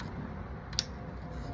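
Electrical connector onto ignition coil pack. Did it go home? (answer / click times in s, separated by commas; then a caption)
yes / 0.8 s. During a tune-up on a 2010 ML 350, a plastic connector or cover is pushed onto the ignition coil pack and gives a single sharp snap at 0.8 s, just after a faint tick, over low steady background noise. The snap shows the connector is seated properly on the coil pack.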